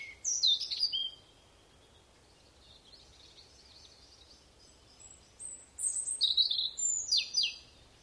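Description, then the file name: European robin song: a short burst of high, descending notes, a long pause, then a longer phrase of thin whistles and sharp trills. "Erithacus rubecula"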